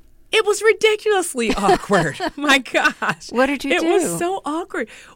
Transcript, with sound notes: It was ridiculously awkward.
(Laughter).
My gosh (laughter).
What did you do?
It was so awkward.